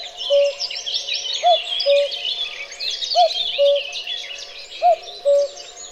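Cuckoo, a clear descending cu-ckoo phrase repeated three times at an even pace, set against dense twittering from other songbirds.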